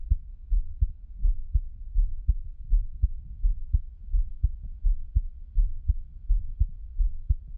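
A normal adult heartbeat, close-miked, at about 83 beats per minute.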